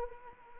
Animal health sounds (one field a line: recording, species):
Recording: mosquito wingbeat signal from an infrared sensor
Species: Anopheles arabiensis